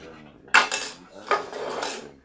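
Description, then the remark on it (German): Cutlery and dishes clatter in a large prison dining hall as remand prisoners of Department C are fed: two bright bursts, a sharp metallic clink followed by a longer jangle of plates and utensils, with no voices. “Die Häftlinge der Abteilung C für Untersuchungsgefangene wurden zur Abfütterung in den großen Speisesaal geführt.”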